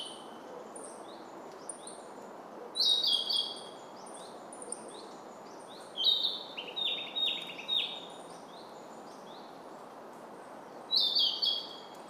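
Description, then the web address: Narcissus flycatcher song: clear high whistled phrases of rapid, repeated notes, given in separate bursts every few seconds, with faint high chirps between. "izumino saunndo kibitaki"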